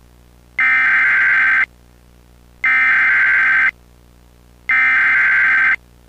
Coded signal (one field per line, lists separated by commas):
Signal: Emergency Alert System (SAME) tones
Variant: header bursts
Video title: EAS Recreation (7/30/22): Wrong Event Code